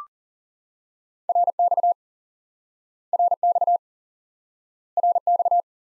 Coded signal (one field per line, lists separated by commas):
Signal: Morse code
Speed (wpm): 40 wpm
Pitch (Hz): 700 Hz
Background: none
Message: RX RX RX